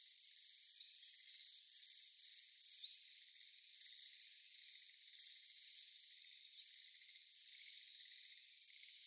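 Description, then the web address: Common kingfisher calling: a run of sharp, high-pitched whistled notes repeated steadily at roughly two per second, with no other clear sounds. Recorded on 29 April 2014. "birdenaga kawasemi 140429"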